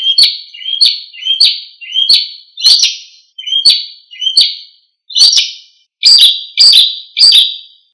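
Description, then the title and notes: A bird sings a series of sharp, downslurred whistled notes with clicking onsets, repeated in an uneven rhythm. Birdsong from Indonesia. "Kicau Burung Indonesia"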